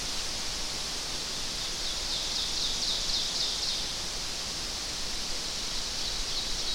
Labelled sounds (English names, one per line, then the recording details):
Ovenbird song
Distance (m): 55 m
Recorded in boreal forest in Alberta, Canada, on 12 June 2016 at 07:10
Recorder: SongMeter 3, array SBT-3-18
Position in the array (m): 240 m, 84 m
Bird 31